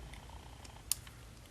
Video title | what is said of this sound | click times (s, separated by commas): Greg Cable Making | snap in place there then you bend this up | 0.9 s